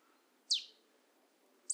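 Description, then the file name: Marsh tit call note: one brief high, sharply falling chirp, followed by the start of another high note at the end. "Poecile palustris"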